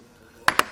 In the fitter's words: You just push it, you hear it snap into place, and it's on there.